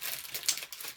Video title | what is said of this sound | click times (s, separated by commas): #52 Suncatchers UV resin vs Elmer's glue | There, heard it click. So I know it's closed. | 0.5 s